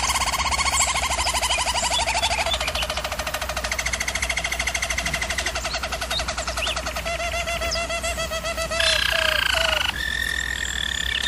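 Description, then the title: German Roller canary song of continuous rolling trills at changing pitch, a fast buzzy tour then brief higher whistled passages near the end; low hum beneath. Canary training recording of German Roller canary song. "German Roller Canary Singing - Canary Training"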